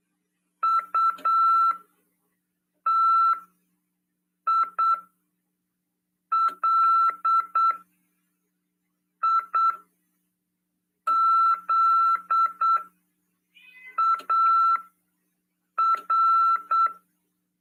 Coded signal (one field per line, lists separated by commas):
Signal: Morse code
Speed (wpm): 8 wpm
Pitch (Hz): 1340 Hz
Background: none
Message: UTILIZAR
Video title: RADIOAMADOR "AULA 47 CW" 27/8/2022 "SETEMBRO CURSOS: CW, COM. RODADA e LEGISL." PY2EXU PAULO SP/SP.